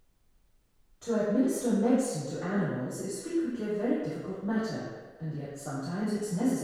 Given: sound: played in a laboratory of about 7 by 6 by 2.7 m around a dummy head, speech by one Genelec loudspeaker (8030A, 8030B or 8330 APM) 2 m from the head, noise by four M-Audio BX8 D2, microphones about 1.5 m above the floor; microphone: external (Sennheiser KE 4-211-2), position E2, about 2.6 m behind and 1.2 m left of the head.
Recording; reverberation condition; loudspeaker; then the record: female speech in English; high; 150 degrees to the right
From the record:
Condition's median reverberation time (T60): about 1300 ms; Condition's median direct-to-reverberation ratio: about -4.0 dB